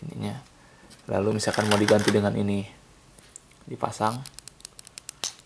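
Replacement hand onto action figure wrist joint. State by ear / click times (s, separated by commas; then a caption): seated / 5.2 s. Someone talks while a swappable plastic hand is pushed onto the wrist ball peg of a posable S.H. Figuarts Iron Man Mark 42 action figure. Light handling clicks build up until a strong click at 5.2 s, when the hand snaps into place and is seated on the wrist.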